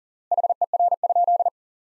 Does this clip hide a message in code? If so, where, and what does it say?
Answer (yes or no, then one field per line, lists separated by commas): yes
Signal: Morse code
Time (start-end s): 0.3-1.5 s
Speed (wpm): 37 wpm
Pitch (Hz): 700 Hz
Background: none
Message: HER?